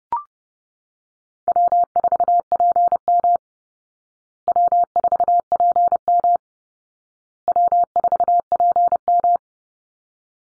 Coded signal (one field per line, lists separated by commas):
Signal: Morse code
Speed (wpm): 30 wpm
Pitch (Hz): 700 Hz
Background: none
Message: W4PM W4PM W4PM